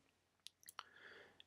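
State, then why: Seated. A plastic misting nozzle is pushed onto a plastic tee fitting on a misting tube. Small sharp ticks at about 0.5 s and 0.6–0.7 s lead into a crisp click at 0.8 s, followed by a faint rustle and another light tick at 1.4 s. The nozzle is seated at the 0.8 s click.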